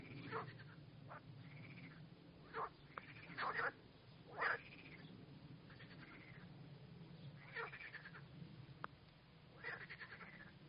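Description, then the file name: Frogs croaking in a chorus, pulsed arching calls repeated in bursts every second or two over a steady low hum. Frogs singing at Arles. "Chant des grenouilles Arles"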